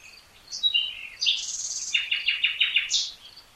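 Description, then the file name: Common nightingale song: sliding whistles lead into a buzzy stretch, then a rapid series of about six repeated throbbing notes ending on a high note. "Luscinia megarhynchos"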